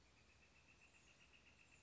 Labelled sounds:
Northern Flicker (Colaptes auratus)
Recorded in Sonoma County, California

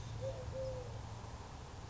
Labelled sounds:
Eurasian Collared Dove (Streptopelia decaocto)
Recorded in Sonoma County, California

